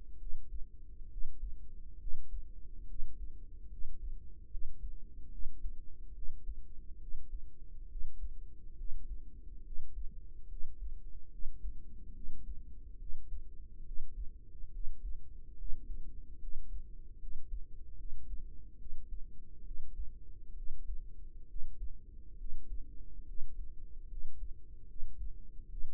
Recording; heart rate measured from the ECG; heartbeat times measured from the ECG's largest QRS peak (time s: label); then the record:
heart sounds by microphone in the right ear; 71 bpm
0.16 s: heartbeat
1.07 s: heartbeat
1.96 s: heartbeat
2.84 s: heartbeat
3.67 s: heartbeat
4.47 s: heartbeat
5.28 s: heartbeat
6.11 s: heartbeat
6.97 s: heartbeat
7.86 s: heartbeat
8.74 s: heartbeat
9.61 s: heartbeat
10.46 s: heartbeat
11.28 s: heartbeat
12.11 s: heartbeat
12.96 s: heartbeat
13.82 s: heartbeat
14.69 s: heartbeat
15.54 s: heartbeat
16.37 s: heartbeat
17.17 s: heartbeat
17.94 s: heartbeat
18.76 s: heartbeat
19.62 s: heartbeat
20.53 s: heartbeat
21.45 s: heartbeat
22.35 s: heartbeat
23.23 s: heartbeat
24.06 s: heartbeat
24.85 s: heartbeat
25.67 s: heartbeat
From the record:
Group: healthy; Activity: rest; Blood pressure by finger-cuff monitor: 111/56 mmHg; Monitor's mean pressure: 71 mmHg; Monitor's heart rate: 71 bpm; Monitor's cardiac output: 5.8 L/min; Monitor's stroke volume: 84 mL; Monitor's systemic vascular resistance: 880 dyn s/cm5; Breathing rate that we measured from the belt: 9 breaths a minute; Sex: female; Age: 32 years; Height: 168 cm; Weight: 61.9 kg